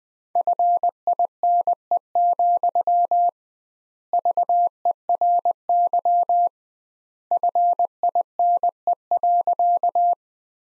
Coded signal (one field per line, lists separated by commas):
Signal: Morse code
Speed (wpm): 20 wpm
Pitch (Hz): 700 Hz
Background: none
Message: FINE, VERY FINE.